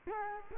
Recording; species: mosquito wingbeat signal from an infrared sensor; Culex quinquefasciatus